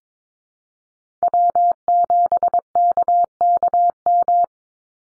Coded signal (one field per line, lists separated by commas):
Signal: Morse code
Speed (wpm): 22 wpm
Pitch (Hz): 700 Hz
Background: none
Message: W7KKM